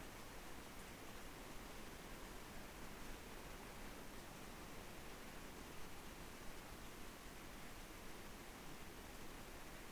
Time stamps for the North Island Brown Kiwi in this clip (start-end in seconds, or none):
none